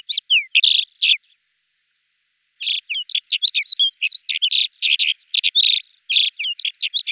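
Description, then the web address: Alpine accentor singing a brief warbled phrase, falling silent for over a second, then a long, varied, jumbled twittering warble of rising and falling notes. "All the bird songs of Britain and Europe - Jean-Claude Roche. Prunella collaris"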